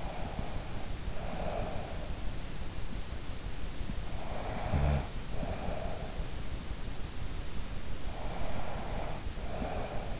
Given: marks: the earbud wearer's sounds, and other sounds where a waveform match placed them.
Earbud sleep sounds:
sounds in sleep by an in-ear microphone; breath, snoring breath
0.00-2.07 s: breath
4.23-6.14 s: snoring breath
8.18-10.20 s: breath

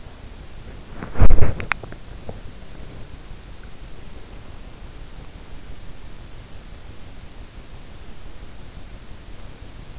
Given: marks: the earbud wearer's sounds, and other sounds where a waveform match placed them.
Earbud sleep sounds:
sounds in sleep by an in-ear microphone; body movement
0.00-2.71 s: body movement

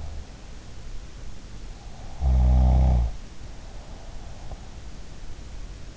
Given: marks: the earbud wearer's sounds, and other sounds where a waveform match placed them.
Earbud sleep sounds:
sounds in sleep by an in-ear microphone; snoring breath
2.06-4.55 s: snoring breath

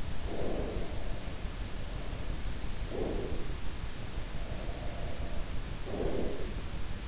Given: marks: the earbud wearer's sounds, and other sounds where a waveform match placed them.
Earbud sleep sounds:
sounds in sleep by an in-ear microphone; breath
0.01-1.05 s: breath
0.31-2.64 s: sound from someone else or the room
2.64-3.92 s: breath
4.01-6.83 s: sound from someone else or the room
5.79-6.83 s: breath

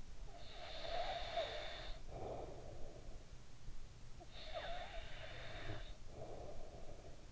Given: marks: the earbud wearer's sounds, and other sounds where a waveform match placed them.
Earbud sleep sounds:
sounds in sleep by an in-ear microphone; snoring breath, breath
0.00-3.83 s: snoring breath
4.09-6.90 s: breath

